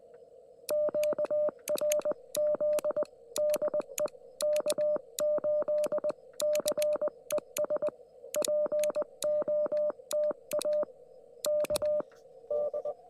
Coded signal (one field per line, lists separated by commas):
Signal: Morse code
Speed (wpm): 20 wpm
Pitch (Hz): 600 Hz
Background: radio noise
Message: QRZ DE K8CES POTA K D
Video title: Indiana CW at US-4178 with the QRP Labs QMX and 50W Amp!